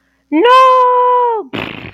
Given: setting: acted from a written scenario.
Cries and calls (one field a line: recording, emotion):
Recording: vocal sound without words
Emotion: disappointment